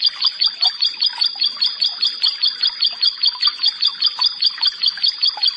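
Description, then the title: Prinia repeating a high, clipped note several times per second in a steady rhythm. "Ciblek Sawah"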